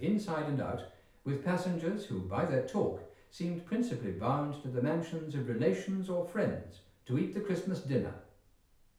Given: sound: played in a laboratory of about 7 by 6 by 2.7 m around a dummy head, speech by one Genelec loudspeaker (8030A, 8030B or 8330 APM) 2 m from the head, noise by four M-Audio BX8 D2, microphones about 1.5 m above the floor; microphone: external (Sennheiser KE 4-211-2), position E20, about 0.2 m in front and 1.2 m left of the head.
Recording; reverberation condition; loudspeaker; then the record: male speech in English; medium; 150 degrees to the right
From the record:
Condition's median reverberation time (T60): about 510 ms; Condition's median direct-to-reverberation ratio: about -0.5 dB